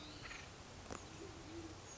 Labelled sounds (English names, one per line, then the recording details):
Band-tailed Pigeon
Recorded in Sonoma County, California